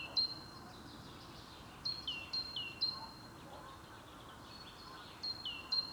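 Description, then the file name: Great tit song, a few sharp high-then-lower whistled note pairs, sparse and spaced, against a continuous low rumble of background noise. "Parus major"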